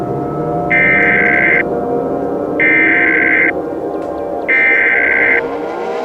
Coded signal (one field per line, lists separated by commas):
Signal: Emergency Alert System (SAME) tones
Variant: header bursts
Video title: EAS SCENARIO #2: Obliterated, Gone. (A SWS SCENARIO)